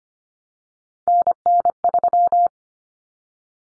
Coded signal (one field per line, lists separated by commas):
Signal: Morse code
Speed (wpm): 25 wpm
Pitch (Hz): 700 Hz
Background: none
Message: NN3